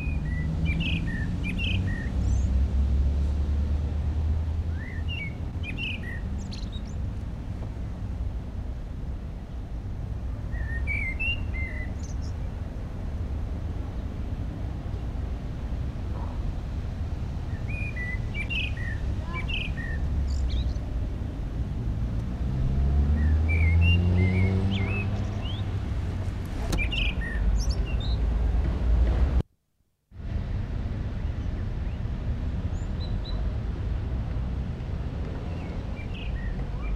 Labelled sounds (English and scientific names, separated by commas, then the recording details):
Common Blackbird (Turdus merula) song
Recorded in the wild
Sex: male
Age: adult
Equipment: Uher 4000, Sennheiser MKH 415 T
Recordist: Tretzel, Erwin